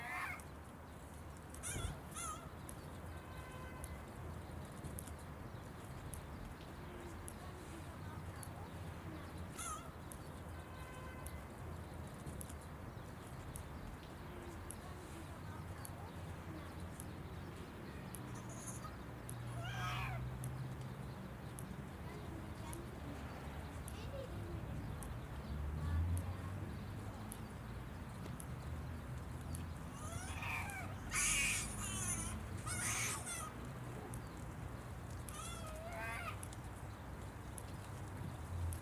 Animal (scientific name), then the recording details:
Theropithecus gelada. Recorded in captivity. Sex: group. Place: Tiergarten Wilhelma/Stuttgart, Baden-Württemberg, DE. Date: 2005-03-14 16:30. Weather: heiter, 5-8°C. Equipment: Sony WM-D6C, Sony ECM-MS 907, Kopie Uher 4000 Report Monitor. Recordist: Tembrock, Günter. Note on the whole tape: Dschelada: Gruppe: diverse Situationen